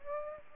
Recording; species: mosquito wingbeat signal from an infrared sensor; Aedes aegypti